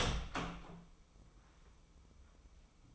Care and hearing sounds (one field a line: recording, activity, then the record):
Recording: daily activity, microphone in the room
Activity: open door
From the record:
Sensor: 1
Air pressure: 996.1 hPa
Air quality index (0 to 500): 58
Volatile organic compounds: 3 ppm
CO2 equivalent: 1383 ppm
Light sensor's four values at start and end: 14/32/14/15 and 14/33/14/15